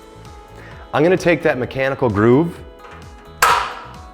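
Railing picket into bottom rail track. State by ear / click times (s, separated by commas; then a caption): seated / 3.4 s. A metal railing picket with a mechanical groove is pushed down into the bottom rail of a railing system after someone talks. A sharp pop at 3.4 s marks the picket snapping and locking into the bottom rail track, confirming it is seated.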